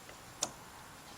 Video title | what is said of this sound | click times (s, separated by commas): Lexus LS460 GS460 LS400h Right Side Valve Cover Gasket Replacement Part 3 | That's it. If you don't hear that snap, then you ain't done. | 0.4 s